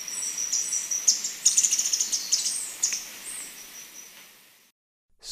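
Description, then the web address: Handsome Flycatcher delivering a sustained run of thin, high, rapidly repeated chattering notes over a steady high tone, fading out before a brief silence. Recorded in Ecuador. "Birds of Ecuador. Handsome Flycatcher"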